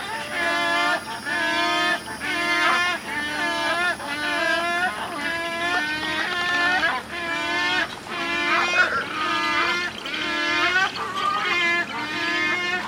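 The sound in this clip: Wood stork calls: rhythmic, nasal, bleating notes with steady low tones beneath, repeated in a series of pulses.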